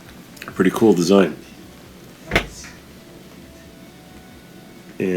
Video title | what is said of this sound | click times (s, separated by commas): ✨ Lg Washing Machine Not Draining (FIXED) ✨ | and then I'll just push it in and it'll lock into place. | 0.4 s, 0.5 s